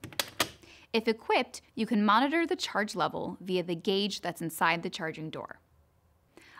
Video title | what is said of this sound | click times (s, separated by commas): EV Charging & Connector | plug in the charger into the charging inlet until you hear a click | 0.2 s, 0.4 s